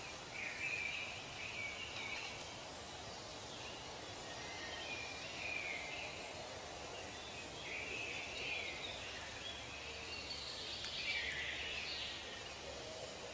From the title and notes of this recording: Forest and Nature. Soothing Birds Singing.